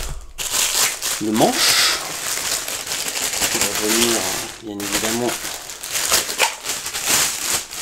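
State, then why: Not seated. The small handle of an Osotek (Xiaomi) H200 wet-dry vacuum cleaner is being handled as it is brought to the main body, with crinkling and rustling handling noise and a few brief knocks near the end. Someone talks throughout. Nothing has seated or clicked yet.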